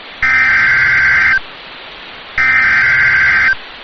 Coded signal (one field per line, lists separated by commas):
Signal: Emergency Alert System (SAME) tones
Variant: header bursts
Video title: SEVERE THUNDERSTORM WATCH (EAS ALERT 188)